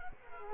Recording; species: mosquito wingbeat signal from an infrared sensor; Culex quinquefasciatus